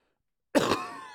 Wet Cough.